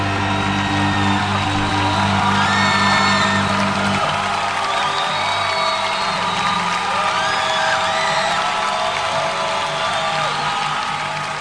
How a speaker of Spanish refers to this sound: Levanto un fuerte aplauso para Jesús en esta noche.